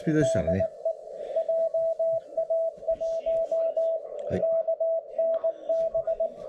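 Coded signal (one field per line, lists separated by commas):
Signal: Morse code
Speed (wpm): 19 wpm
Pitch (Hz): 660 Hz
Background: speech, radio noise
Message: DE JA1KNB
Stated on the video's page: Fast CW from contest stations in a Chinese contest on the 7 MHz band at night, heard as listening practice.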